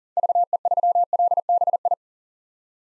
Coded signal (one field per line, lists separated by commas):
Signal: Morse code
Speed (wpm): 37 wpm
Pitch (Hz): 700 Hz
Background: none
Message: VE3LBI